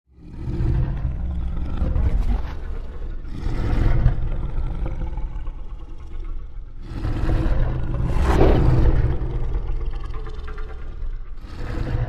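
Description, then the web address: Lion roaring, loud low growling surges building and easing in waves, with strongest bursts near four and eight seconds. "big cats|lions"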